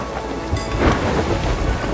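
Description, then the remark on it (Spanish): Thunderstorm sounds: a steady, dense hiss of heavy rain with a deep rolling rumble of thunder that swells briefly in the middle, with no voices. “Estamos saliendo de la tormenta.”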